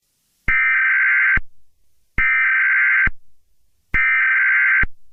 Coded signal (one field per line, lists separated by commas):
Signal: Emergency Alert System (SAME) tones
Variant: header bursts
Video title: EAS scenario 18: Halloween Horror part 3 (final chapter)